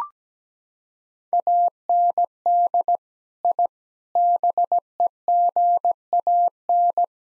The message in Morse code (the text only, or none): AND I BEGAN